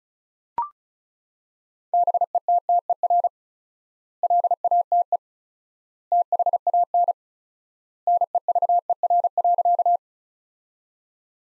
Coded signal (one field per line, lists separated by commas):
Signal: Morse code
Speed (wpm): 36 wpm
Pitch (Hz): 700 Hz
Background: none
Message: BETTER LATE THAN NEVER.